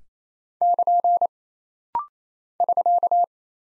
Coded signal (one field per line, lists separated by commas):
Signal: Morse code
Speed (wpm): 28 wpm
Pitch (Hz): 700 Hz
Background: none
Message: <KN> <SK>